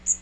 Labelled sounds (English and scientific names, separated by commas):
Magnolia Warbler (Setophaga magnolia) flight call